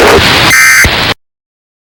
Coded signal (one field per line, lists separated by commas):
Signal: Emergency Alert System (SAME) tones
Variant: end-of-message bursts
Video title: EAS) REQUIRED MONTHLY TEST SIMULATION.